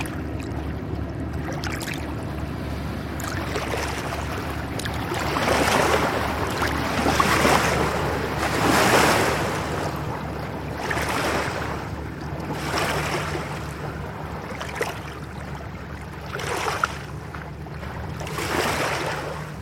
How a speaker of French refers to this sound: J'aime beaucoup il y a un bateau là qui passe, une péniche, qui a l'air de transporter du sable, vraiment très plate, avec un petit drapeau blanc à l'avant. Ce que je trouve très agréable là, c'est de à la fois d'entendre la façon dont les vagues